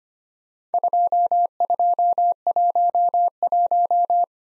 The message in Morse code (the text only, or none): 2211